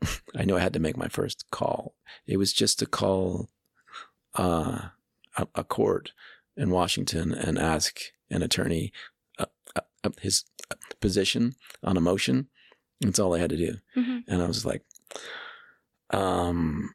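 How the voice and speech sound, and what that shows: A low-pitched adult man who stutters tells a story with repeated silent stops mid-phrase, some over a second long, plus stretched sounds and filler noises like "uh" and "um." These are stuttering blocks and prolongations interrupting otherwise fluent speech.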